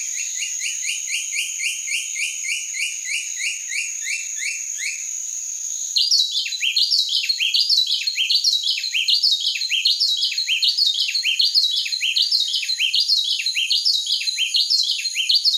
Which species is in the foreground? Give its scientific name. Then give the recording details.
Henicorhina leucosticta. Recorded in the wild. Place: Quepos / Manuel Antonio Nationalpark, CR. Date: 1992-04-21. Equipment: Dat-Recorder Casio DA 7, Telinga DAT, Telinga-Parabolspiegel. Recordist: Schwarz, Dieter